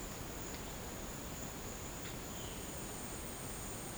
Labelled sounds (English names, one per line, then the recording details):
none
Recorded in dense forest near Puerto Asís, Putumayo, Colombia, on 19 March 2025 at 11:30
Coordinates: 0.500, -76.322
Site GP06